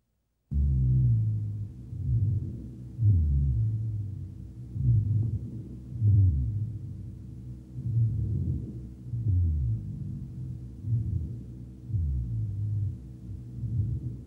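Adult chest heard through a stethoscope: rhonchi, low-pitched continuous snoring sounds that rise and fall with each breath.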